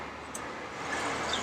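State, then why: Seated. The second ignition lead cap is pushed onto its spark plug on a classic Fiat 500/126, seating with a short, sharp click at 0.4 s over steady broadband background noise. The cap is confirmed seated.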